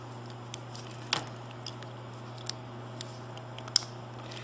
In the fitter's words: and you hear the click